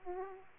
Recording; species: mosquito wingbeat signal from an infrared sensor; Aedes aegypti